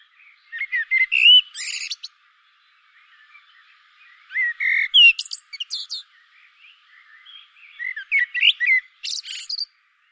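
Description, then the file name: Common blackbird singing three separate phrases, each opening with low fluty warbled notes and ending in a high, squeaky twitter, with pauses between phrases. "Turdus merula"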